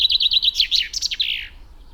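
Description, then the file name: Common chaffinch song: a quick run of repeated high chirping notes followed by a descending, scratchy closing flourish. "Fringilla coelebs"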